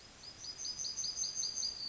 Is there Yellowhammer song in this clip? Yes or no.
yes